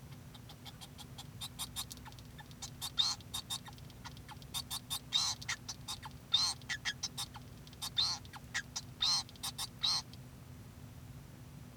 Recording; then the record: song of a male Bengalese finch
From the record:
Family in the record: son of father 2